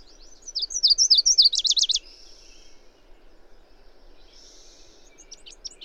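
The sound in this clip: Bird singing one bright, high phrase of falling notes ending in a quick trill, followed by quieter chirps and faint high hiss.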